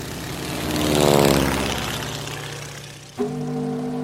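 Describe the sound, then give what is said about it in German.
An open-cockpit propeller plane's engine drones steadily, its pitch sliding as it swells to a peak and eases off, then a sudden shift to a lower, steady hum with a strong tonal buzz. “Auch wenn es in Marokko heiß ist, hoch oben im offenen Cockpit eines Flugzeugs ist es kalt und ungemütlich.”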